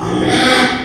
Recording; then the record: squeal of a Yucatan mini pig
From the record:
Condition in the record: after surgery on the right vocal fold (resection and tissue-engineered implant); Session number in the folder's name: 3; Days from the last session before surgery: 33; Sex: male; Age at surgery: 12 weeks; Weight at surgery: 13 kg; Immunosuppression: cyclosporine, prednisolone